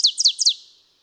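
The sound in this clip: Ovenbird song: three quick, loud, high two-note phrases about a fifth of a second apart, each sliding downward, then fading out.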